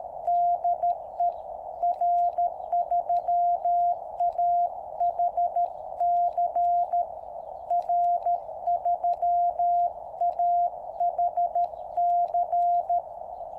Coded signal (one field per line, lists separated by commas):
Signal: Morse code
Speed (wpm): 13 wpm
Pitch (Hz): 700 Hz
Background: radio noise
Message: DE R3AHC R3AHC